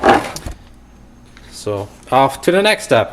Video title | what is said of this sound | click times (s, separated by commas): 2016 Honda Pilot Backup Sensor Installation | Push it up and then a little bit out, and you should hear a pop. | 0.4 s